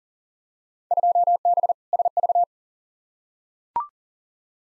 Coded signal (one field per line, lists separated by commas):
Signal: Morse code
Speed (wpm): 40 wpm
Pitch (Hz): 700 Hz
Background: none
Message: 2B SV